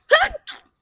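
A single sneeze from an adult woman with a cold, under a second long: a short voiced, rising 'ah' intake, then a brief hissy 'choo' burst after a small pause. Nothing else is heard.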